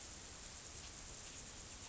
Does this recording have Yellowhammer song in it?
no